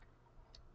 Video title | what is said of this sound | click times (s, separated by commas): How to Build Custom Speaker Boxes for the S550 Mustangs - Part 5 | And it only goes in one way, so all you have to do is just match up the notch and it should click right in. | 0.5 s